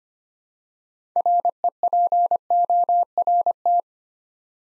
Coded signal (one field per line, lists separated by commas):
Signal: Morse code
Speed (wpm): 25 wpm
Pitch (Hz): 700 Hz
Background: none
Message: REPORT